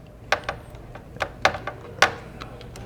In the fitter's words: and they're kind of rubbery so that but they'll still kind of have a clip that they snap into place and now we're going to